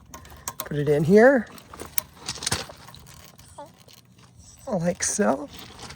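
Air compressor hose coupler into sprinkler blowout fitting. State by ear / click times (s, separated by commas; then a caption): not seated / none. An air compressor's air hose quick-connect coupler is handled and pushed toward a sprinkler system's blowout fitting, with scattered short metallic clicks and taps while someone talks. The clip ends before the coupler goes home, so nothing has seated or clicked into place yet.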